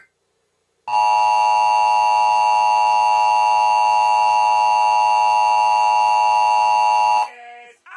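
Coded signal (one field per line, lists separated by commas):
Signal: Emergency Alert System (SAME) tones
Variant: 853 and 960 Hz attention tone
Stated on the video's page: Fictional recreation of an alert, not a real activation.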